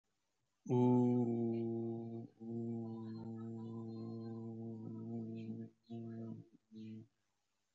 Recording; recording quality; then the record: sustained vowel as in boot; excellent, no background noise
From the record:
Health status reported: healthy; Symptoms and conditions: none ticked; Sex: male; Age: 24 years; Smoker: not ticked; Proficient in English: yes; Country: India